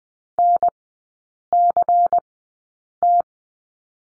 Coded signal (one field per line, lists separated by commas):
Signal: Morse code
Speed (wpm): 20 wpm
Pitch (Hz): 700 Hz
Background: none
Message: NCT